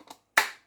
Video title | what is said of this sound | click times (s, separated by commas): How to do Homemade Parsnip Puree for baby - Weaning Journey #baby #5monthsbaby #healthybabyfoods | You hear the little click. | 0.4 s